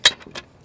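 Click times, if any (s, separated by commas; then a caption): 0.1 s. The folded stem of a Gotrax V2 electric scooter is lifted back up to unfold it, and its metal folding latch locks home into the hinge with a sharp, bright click at 0.1 s. A softer, shorter click follows near 0.4 s before the sound fades to quiet. The latch is seated.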